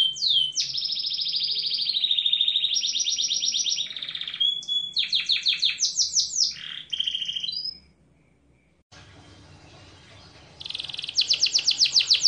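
Bird song: loud rapid trills and sweeping whistled notes in varied phrases, then a long quiet pause before a fast trill resumes.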